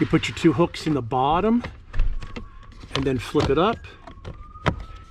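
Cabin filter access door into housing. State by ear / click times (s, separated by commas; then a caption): seated / 4.7 s. Someone talks while hooking the plastic cabin air filter access door of a 2022 Ford F150 STX into its housing at the bottom and flipping it up. Faint handling ticks come first, then a single sharp click at 4.7 s as the latch catches and the door seats.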